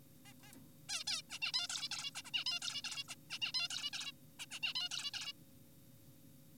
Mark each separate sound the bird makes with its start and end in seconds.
0.26-0.33, 0.43-0.53, 0.89-1.04, 1.07-1.22, 1.30-1.39, 1.42-1.52, 1.54-1.68, 1.70-1.89, 1.92-2.11, 2.16-2.22, 2.25-2.31, 2.34-2.44, 2.46-2.60, 2.62-2.82, 2.84-3.04, 3.09-3.15, 3.30-3.39, 3.42-3.52, 3.54-3.68, 3.70-3.90, 3.93-4.12, 4.40-4.46, 4.51-4.60, 4.63-4.74, 4.76-4.89, 4.91-5.11, 5.14-5.32